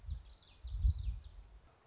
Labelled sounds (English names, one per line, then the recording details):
Common Yellowthroat
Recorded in Sonoma County, California